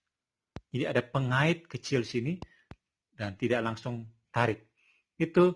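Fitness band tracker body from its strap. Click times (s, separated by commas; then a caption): 0.6 s. A small latch on a Huawei Band 4 fitness band is pressed and the tracker body is pulled out of its strap, releasing it with a short, sharp click at 0.6 s. Someone talks throughout the rest of the clip.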